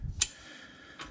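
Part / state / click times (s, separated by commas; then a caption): fluid pipe fitting into port / not seated / none. A metal accessory fluid pipe fitting is pushed into its port during a ProCharger supercharger install on a 2012 Hemi 1500. Low handling thumps open the clip, followed by a sharp tick at about 0.2 s and a fainter tick near 1.0 s. Nothing has seated or clicked home yet.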